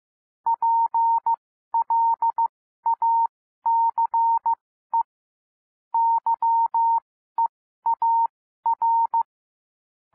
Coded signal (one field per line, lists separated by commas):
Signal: Morse code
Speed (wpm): 15 wpm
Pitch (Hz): 920 Hz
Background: none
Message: PLACE YEAR